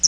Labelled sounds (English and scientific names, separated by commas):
Hooded Warbler (Setophaga citrina) flight call